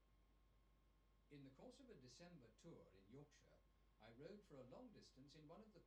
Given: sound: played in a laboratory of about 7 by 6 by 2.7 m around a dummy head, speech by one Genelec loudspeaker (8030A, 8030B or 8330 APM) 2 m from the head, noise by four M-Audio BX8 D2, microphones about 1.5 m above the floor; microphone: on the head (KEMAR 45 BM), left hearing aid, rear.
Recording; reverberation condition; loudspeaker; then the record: male speech in English; low; 30 degrees to the right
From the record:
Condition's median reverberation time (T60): about 310 ms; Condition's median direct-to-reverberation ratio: about 3.5 dB